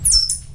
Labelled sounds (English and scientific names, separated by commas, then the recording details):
Stitchbird (Notiomystis cincta) song
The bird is a male
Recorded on Tiritiri Matangi Island, New Zealand, in 2005
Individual 21, of nest box 30